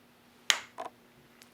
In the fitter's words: and it just pops into place and listen to this connection